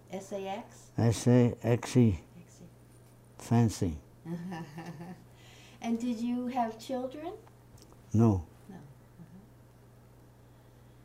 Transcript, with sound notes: S-A-X?
S-A-X-E.
S-A-X-E, fancy.
[chuckles] And did you have children?
No.
No, uh-huh.